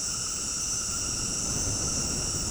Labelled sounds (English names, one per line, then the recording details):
none
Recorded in dense forest near Puerto Asís, Putumayo, Colombia, on 20 February 2024 at 19:00
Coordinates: 0.486, -76.316
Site G6437